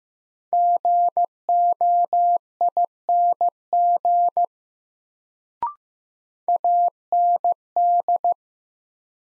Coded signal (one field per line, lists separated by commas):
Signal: Morse code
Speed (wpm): 15 wpm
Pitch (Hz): 700 Hz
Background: none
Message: GOING AND